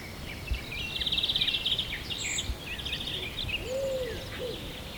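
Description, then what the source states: Birds in chorus: a fast buzzy rattle, then varied high chirps and a lower slurred whistle near the end, over steady background noise. At sunrise.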